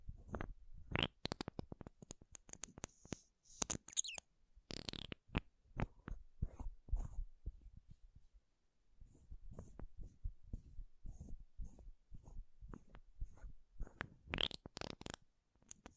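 Makeup containers being tapped and scratched in quick, irregular bursts of clicks and taps, with sharper scraping strokes near 1, 4, 5 and 14.5 seconds. A brief pause falls around 8 seconds before softer, steady tapping resumes.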